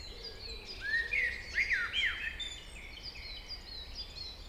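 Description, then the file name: Common blackbird song of clear, looping whistled notes rising and falling in a quick run, then thin high notes that fade. "Turdus merula"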